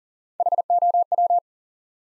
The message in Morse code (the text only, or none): HOW